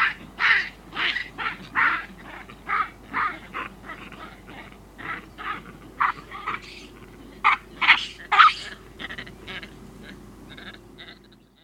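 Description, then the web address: Chacma baboon screams: rough shrieking bursts repeated irregularly, some louder and some softer. Juvenile chacma baboons screaming, with background sound. "Sound Effects-BBC Baboons"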